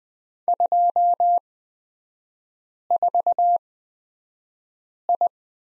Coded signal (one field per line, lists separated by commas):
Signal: Morse code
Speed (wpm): 20 wpm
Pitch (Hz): 700 Hz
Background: none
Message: 24I